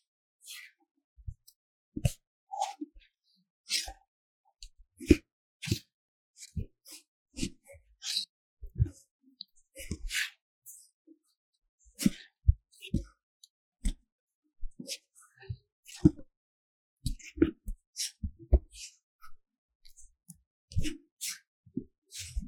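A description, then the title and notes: Paper cup triggers: rapid, irregular crinkles, taps and crisp rustles of a paper cup, sharp clicks and soft thumps every half second or so. 紙杯觸發 | Paper Cup triggers | NoTalking.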